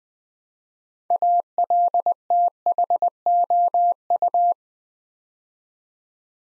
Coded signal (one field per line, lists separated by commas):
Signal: Morse code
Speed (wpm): 20 wpm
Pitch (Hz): 700 Hz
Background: none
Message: ALTHOU